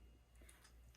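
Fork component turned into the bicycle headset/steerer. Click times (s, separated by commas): 0.5 s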